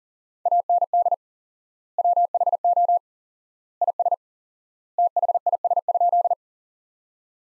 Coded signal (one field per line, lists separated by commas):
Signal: Morse code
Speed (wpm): 40 wpm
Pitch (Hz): 700 Hz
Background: none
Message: AND WHO IS THIS?